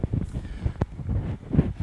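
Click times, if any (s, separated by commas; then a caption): 0.0 s, 0.8 s. A flexible 3D-printed LEGO-compatible brick in soft flexible filament is attached and reattached onto another brick, and it snaps together with short clicks at 0.0 s and 0.8 s. Between and after the clicks there is low rumbling handling noise. The brick seats properly.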